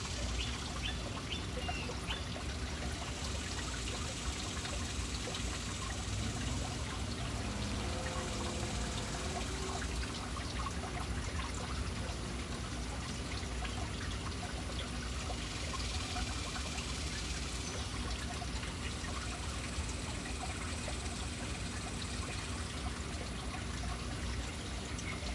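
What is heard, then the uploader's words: A city fountain splashes and trickles in a steady, dense wash of water that holds level for the whole stretch. Low traffic rumble sits underneath, and a few faint, brief bird chirps come through near the start. Urban birds at fountain. Relaxing sounds of City Birds hanging around fountain.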